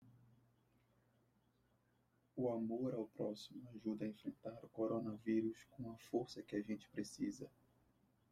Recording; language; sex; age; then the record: spoken sentence; Brazilian Portuguese; male; 20 to 29 years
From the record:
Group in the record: control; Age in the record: 23 years